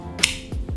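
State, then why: Not seated. A 3D-printed GoPro mount is handled at a motorcycle helmet's chin-mount base. It makes a sharp tap near 0.2 s and a few softer knocks toward the end. Nothing has seated or locked into place yet.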